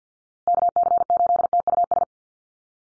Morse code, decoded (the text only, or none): KC8TUS